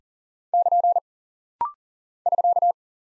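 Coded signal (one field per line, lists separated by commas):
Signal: Morse code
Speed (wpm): 40 wpm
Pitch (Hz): 700 Hz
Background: none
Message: <KN> <SK>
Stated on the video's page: Rapid-fire head-copy drill of punctuation and prosign characters sent at 40 wpm.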